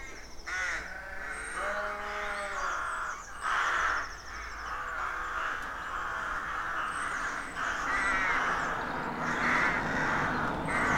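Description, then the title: Rook: a continuous chorus of harsh caws, with some longer drawn-out notes early on. Rook colony of more than 300 birds nesting in a dozen roadside trees, rural County Armagh woodland, early spring; pairs greeting and squabbling with neighbours as first chicks hatch. "Sound Escape 113: Enjoy the stirring cacophony of a rook colony"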